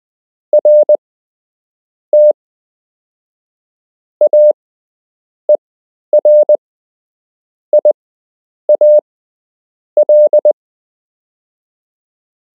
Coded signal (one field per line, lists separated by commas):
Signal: Morse code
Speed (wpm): 20 wpm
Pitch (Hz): 600 Hz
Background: none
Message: RT AERIAL